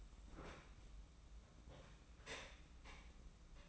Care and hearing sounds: daily activity, microphone in the room; open fridge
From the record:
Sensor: 1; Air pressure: 994.5 hPa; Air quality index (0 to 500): 220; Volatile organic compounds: 1000 ppm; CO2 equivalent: 7918 ppm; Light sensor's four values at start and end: 98/218/97/103 and 98/217/97/103

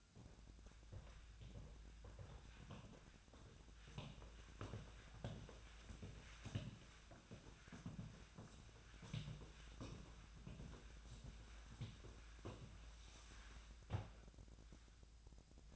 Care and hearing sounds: daily activity, microphone in the room; walk to room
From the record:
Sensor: 2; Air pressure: 1010.0 hPa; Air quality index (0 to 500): 171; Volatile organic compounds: 9 ppm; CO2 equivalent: 2140 ppm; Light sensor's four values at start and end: 36/88/38/43 and 35/86/37/42

